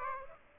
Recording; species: mosquito wingbeat signal from an infrared sensor; Aedes aegypti